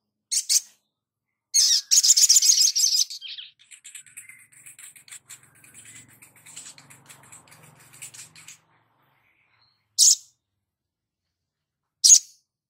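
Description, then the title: Spiderhunter song with a loud rapid high trill, then a long run of soft thin twittering notes, and two isolated sharp chips near the end. Labaik variant, from a masteran (cage-bird training) recording. "Sogok Ontong Labaik"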